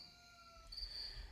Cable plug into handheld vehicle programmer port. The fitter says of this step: power programmer push it into until you hear a little snap